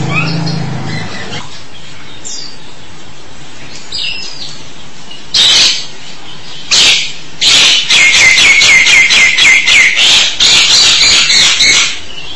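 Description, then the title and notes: Starling song: quiet opening, then loud bursts of harsh chattering notes building into a rapid repeated sequence of buzzy, whistled phrases in the second half. "suara burung jalak"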